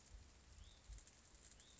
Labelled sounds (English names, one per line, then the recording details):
Hutton's Vireo
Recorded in Sonoma County, California